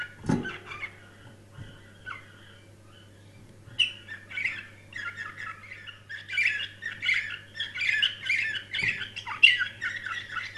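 Canary warbling in varied chirps and trills that build into a busy continuous song, with a few soft knocks and a low hum throughout.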